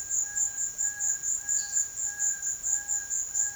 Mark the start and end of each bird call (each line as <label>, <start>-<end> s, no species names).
bird call, 0.00-3.56 s